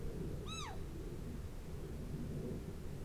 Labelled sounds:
Morepork (Ninox novaeseelandiae) weow call
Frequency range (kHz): Morepork (Ninox novaeseelandiae) 0.5-11.2 kHz
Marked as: faintness 1/5
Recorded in New Zealand on 4 June 2017
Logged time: 19:01
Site Taranaki

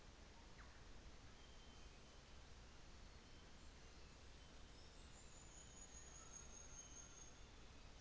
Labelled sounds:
New Zealand Fantail (Rhipidura fuliginosa)
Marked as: faintness 3/5
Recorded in New Zealand on 24 December 2018
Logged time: 15:45

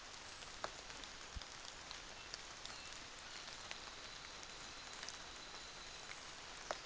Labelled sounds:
North Island Saddleback (Philesturnus rufusater)
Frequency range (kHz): North Island Saddleback (Philesturnus rufusater) 2.7-4.8 kHz
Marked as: faintness 5/5
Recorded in New Zealand on 24 December 2018
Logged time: 06:00

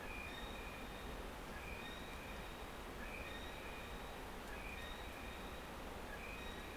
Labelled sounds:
North Island Brown Kiwi (Apteryx mantelli) male call
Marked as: faintness 3/5
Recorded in New Zealand on 9 December 2013
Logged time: 23:28
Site DE65

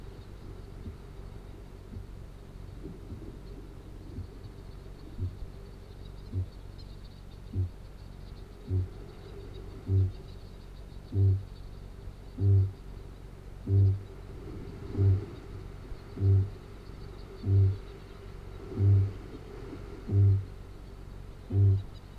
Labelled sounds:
Kākāpō (Strigops habroptilus) boom
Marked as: faintness 5/5, faintness 4/5, faintness 3/5, faintness 2/5
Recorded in New Zealand
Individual Arab

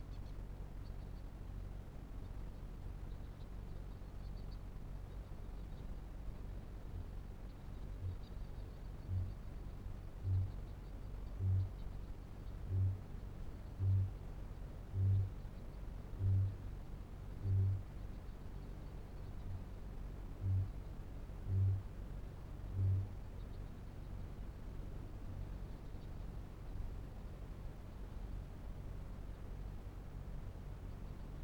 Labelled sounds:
Kākāpō (Strigops habroptilus) boom
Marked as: faintness 5/5, faintness 4/5, faintness 3/5
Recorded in New Zealand
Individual Felix

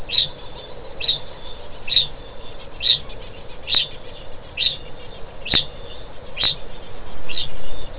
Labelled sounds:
Kākāpō (Strigops habroptilus) ching call
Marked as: faintness 3/5
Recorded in New Zealand
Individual Stumpy

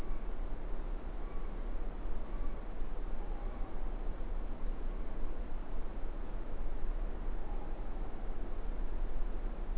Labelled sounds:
Morepork (Ninox novaeseelandiae) more-pork call
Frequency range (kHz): Morepork (Ninox novaeseelandiae) 0.7-1.0 kHz
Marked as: faintness 4/5, faintness 5/5
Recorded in New Zealand
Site Eglinton

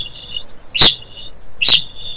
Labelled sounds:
Kākāpō (Strigops habroptilus) ching call
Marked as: faintness 2/5
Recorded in New Zealand
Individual Stumpy

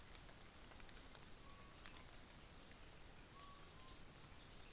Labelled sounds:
New Zealand Fantail (Rhipidura fuliginosa)
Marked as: faintness 3/5
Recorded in New Zealand on 24 December 2018
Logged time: 09:00

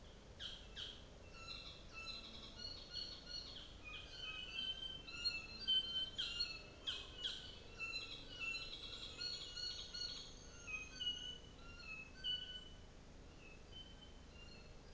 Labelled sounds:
North Island Saddleback (Philesturnus rufusater), New Zealand Fantail (Rhipidura fuliginosa)
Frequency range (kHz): New Zealand Fantail (Rhipidura fuliginosa) 6.0-7.6 kHz
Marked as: faintness 3/5
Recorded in New Zealand on 24 December 2018
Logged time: 14:05

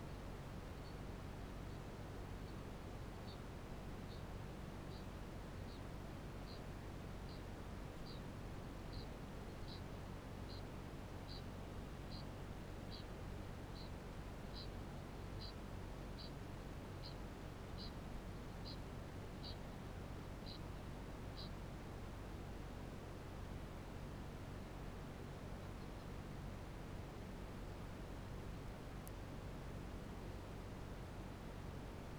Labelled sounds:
Kākāpō (Strigops habroptilus) ching call
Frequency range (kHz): Kākāpō (Strigops habroptilus) 2.6-6.3 kHz
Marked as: faintness 5/5, faintness 4/5, faintness 3/5
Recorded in New Zealand
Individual Barnard

